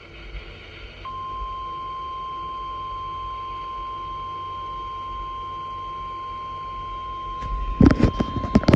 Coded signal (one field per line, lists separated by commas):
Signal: Emergency Alert System (SAME) tones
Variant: 1050 Hz attention tone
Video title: Severe Thunderstorm Warning [EAS #252]